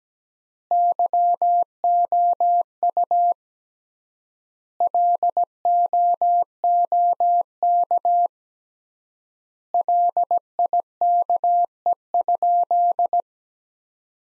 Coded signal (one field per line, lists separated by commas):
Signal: Morse code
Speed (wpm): 17 wpm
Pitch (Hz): 700 Hz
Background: none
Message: YOU LOOK LIKE?